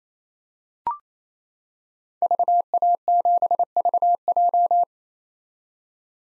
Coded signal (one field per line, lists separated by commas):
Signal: Morse code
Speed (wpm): 28 wpm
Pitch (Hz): 700 Hz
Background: none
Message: VA7VJ